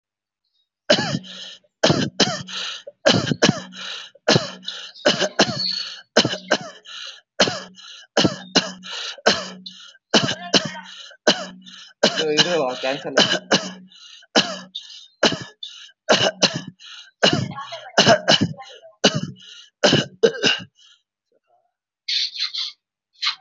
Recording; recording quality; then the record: shallow voluntary cough; excellent, no background noise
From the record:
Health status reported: COVID-19 positive, no symptoms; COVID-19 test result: positive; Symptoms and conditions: diabetes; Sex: male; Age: 47 years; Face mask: worn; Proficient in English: no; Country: India